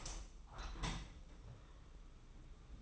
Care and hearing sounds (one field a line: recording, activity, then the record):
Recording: daily activity, microphone in the room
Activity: open window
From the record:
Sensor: 1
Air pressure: 991.3 hPa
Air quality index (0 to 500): 105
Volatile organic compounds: 78 ppm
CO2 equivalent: 3592 ppm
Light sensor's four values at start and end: 37/116/46/47 and 37/115/45/47